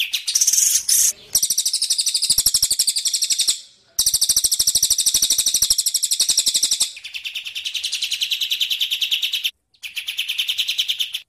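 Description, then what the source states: Bird producing extended high, buzzy pulsed trills, interrupted by short silences, with a lower-pitched trill near the end. Tutor song used for training songbirds (masteran).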